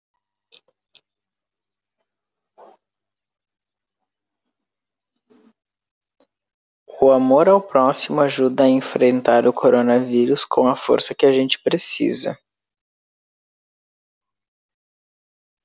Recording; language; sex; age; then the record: spoken sentence; Brazilian Portuguese; male; 30 to 39 years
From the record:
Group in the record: control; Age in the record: 30 years